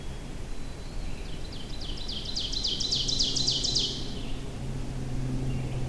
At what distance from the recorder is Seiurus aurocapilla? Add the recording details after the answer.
about 40 m. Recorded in boreal forest in Alberta, Canada, on 25 June 2016 at 07:26. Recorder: SongMeter 3, array SBT-6-76. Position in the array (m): 296 m, 78 m. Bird 1